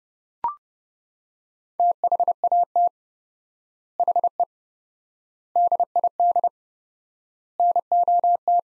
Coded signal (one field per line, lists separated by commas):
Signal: Morse code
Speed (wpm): 29 wpm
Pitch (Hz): 700 Hz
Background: none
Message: THAT HE DID NOT